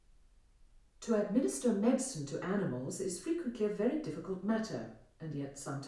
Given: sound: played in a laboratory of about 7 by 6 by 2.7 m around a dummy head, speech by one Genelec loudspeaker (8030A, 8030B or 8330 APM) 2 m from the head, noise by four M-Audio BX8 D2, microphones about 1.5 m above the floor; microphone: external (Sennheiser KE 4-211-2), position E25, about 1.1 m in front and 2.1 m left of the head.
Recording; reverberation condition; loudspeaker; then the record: female speech in English; medium; behind (180 degrees)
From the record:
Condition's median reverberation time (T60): about 510 ms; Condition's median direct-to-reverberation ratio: about -0.5 dB